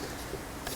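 A key is turned a quarter turn to the right in the battery lock of a Shimano Steps E8000 e-bike and pushed in, and a short click is heard at 0.7 s. The lock releases and the battery is unlocked.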